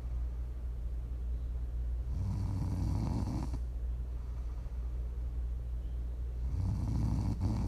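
Snoring from an adult woman asleep, offered as ASMR: two low-pitched, rumbling snores about four seconds apart over a steady low background hum.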